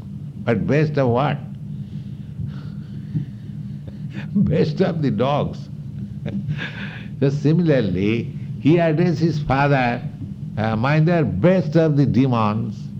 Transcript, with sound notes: " But best of what? "Best of the dogs." [laughs] So similarly, he addressed his father, "My dear best of the demons."